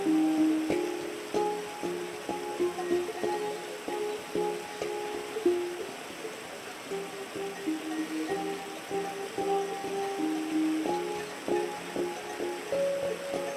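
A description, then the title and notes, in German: Cow bells clink and clang steadily as grazing cattle move about, their bright, slightly overlapping tones ringing in irregular clusters every second or so. A soft, constant outdoor hiss, like wind or water, sits underneath throughout. Alpenwiese.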